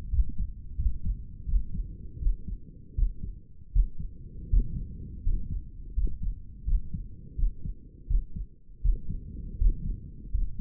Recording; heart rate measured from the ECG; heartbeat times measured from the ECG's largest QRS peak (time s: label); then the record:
heart sounds by stethoscope; 82 bpm
0.10 s: heartbeat
0.77 s: heartbeat
1.46 s: heartbeat
2.20 s: heartbeat
2.95 s: heartbeat
3.72 s: heartbeat
4.50 s: heartbeat
5.23 s: heartbeat
5.94 s: heartbeat
6.65 s: heartbeat
7.36 s: heartbeat
8.07 s: heartbeat
8.82 s: heartbeat
9.58 s: heartbeat
10.31 s: heartbeat
From the record:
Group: healthy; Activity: rest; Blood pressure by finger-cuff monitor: 110/68 mmHg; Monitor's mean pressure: 77 mmHg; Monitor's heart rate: 82 bpm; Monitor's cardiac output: 6.7 L/min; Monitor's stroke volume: 81 mL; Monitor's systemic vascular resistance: 800 dyn s/cm5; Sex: male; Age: 35 years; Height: 180 cm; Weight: 86.9 kg